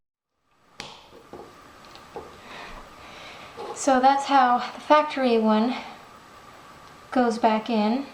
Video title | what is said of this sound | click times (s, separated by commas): How I Make Replacement Dolly Neck Joints | it was very tricky her neck hole was very tight and i used a lot of force you'll hear it click in a second | 0.8 s